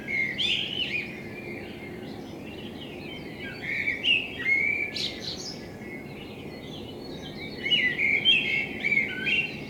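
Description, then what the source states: Common blackbird with whistled warbles and squeaky high flourishes in several bursts, separated by pauses, with a faint rushing hiss throughout. Blackbird in front of the recordist's window; captured binaurally with a self-built dummy head, for headphone listening.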